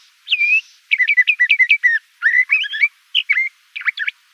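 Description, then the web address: Le Conte's thrasher song: a varied run of short whistled and slurred phrases, some quickly repeated notes, brief pauses between groups, on a quiet background. Arizona. "Mimids LCTH. deviche"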